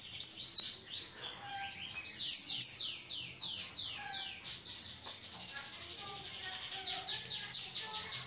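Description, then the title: High twittering white-eye song, with loud sharp chirp groups at the start and middle and a fast metallic trill near the end, softer chatter between. Wild-type ('ngalas') white-eye song filler ('isian') used as a tutor recording (masteran) for training songbirds. "mster Mnuk. Pleci ngalas isian untuk masteran"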